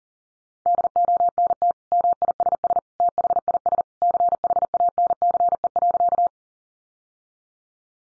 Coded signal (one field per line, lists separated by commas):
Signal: Morse code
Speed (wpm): 37 wpm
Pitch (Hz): 700 Hz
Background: none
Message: DONT MISS THIS CHANCE.